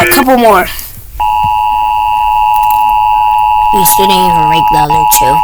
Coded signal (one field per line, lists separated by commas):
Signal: Emergency Alert System (SAME) tones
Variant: 853 and 960 Hz attention tone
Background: speech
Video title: EAS Alarms scale 0/10